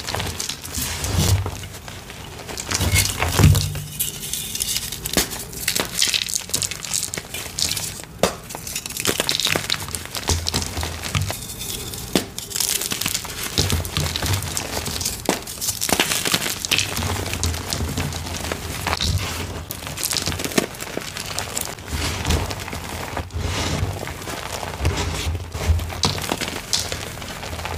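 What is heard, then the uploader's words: Gym chalk mixed with baby oil is crushed and squeezed in a dense, continuous run of crackling, crumbly sounds. Sharp gritty clicks and snaps come in quick irregular bursts throughout, with soft low thumps of pressing every few seconds. Baby Oil Gym Chalk Crushing Compilation.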